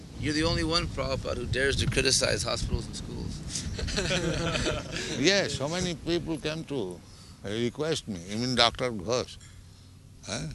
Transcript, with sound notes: You're the only one, Prabhupāda, who dares to criticize hospitals and schools. [laughter]
Yes. So many people came to request me... Even Dr. Ghosh. Eh?